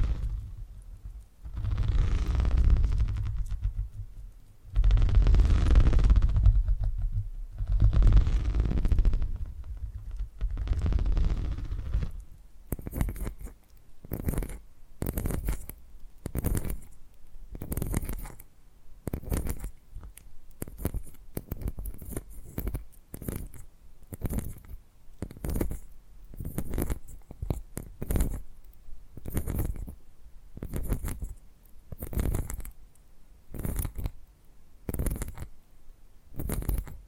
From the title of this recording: ASMR Brain Tingly Purring Triggers